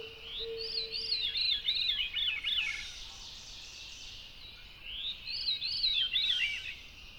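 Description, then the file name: Veery song twice, each a swirling cascade of breathy notes stepping down in pitch, separated by a short pause with light background noise. "very veery"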